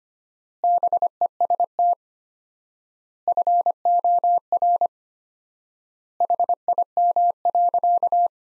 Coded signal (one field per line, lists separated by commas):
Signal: Morse code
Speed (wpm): 25 wpm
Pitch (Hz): 700 Hz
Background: none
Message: BEST FOR HIM.